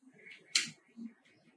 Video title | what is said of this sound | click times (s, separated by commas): Chasing M2 light arms. | modifications here to make these light arms just swing out they lock into place | 0.6 s